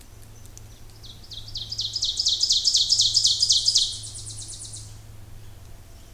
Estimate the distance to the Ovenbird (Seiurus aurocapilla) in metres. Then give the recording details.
about 20 m. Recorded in boreal forest in Alberta, Canada, on 26 May 2016 at 08:13. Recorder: SongMeter 3, array SBT-3-15. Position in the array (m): 53 m, 223 m. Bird 20